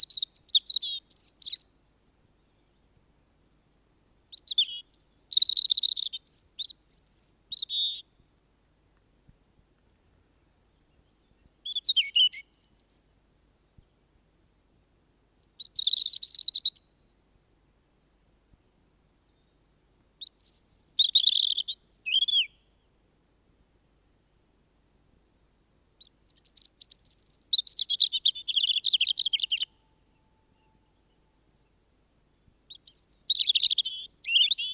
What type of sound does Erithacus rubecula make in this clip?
song